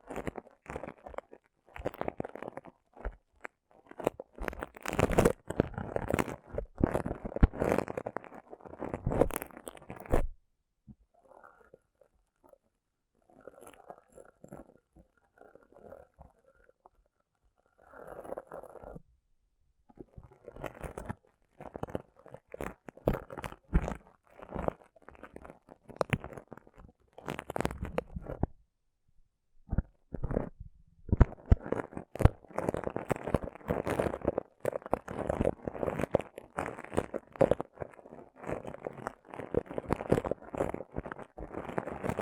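Rough brain cleaning and picking: wet, crunchy scraping and tearing in dense, irregular bursts, busiest in the first ten seconds and the last twelve. In between come sparser, quieter stretches of lighter squelching and brief gaps of near silence.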